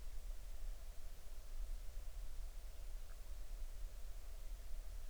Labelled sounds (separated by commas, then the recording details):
waterfowl
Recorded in the Arctic National Wildlife Refuge, Alaska, on 20 July 2019 at 02:45
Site 38